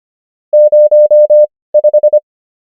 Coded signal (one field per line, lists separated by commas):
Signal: Morse code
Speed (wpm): 25 wpm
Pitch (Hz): 600 Hz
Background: none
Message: 05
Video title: morse code practice | 25wpm | 18fw | numbers | ENGLISH